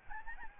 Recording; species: mosquito wingbeat signal from an infrared sensor; Aedes albopictus